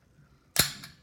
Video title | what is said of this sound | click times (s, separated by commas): Taurus 24/7 OSS Tactical | Simply put that in there, rotate, twist, snap in place. | 0.6 s